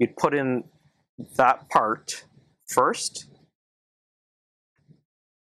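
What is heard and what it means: A Meraki MR33 wireless access point is lined up with its ceiling mounting bracket, and its edge is hooked into the little clip on the bracket before it is pressed up to snap in. Someone talks for about the first 3.5 seconds, then it goes quiet except for a faint brief sound near 4.9 s. Nothing has snapped or clicked into place yet.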